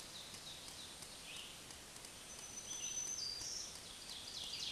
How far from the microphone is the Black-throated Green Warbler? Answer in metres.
about 20 m